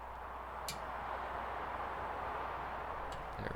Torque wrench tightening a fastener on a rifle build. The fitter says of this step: down a little bit and you're gonna hear the click click there